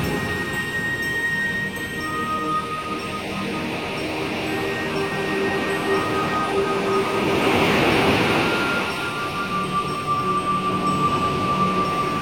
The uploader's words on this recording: Nature Sounds - Calming Sea with Reiki Music.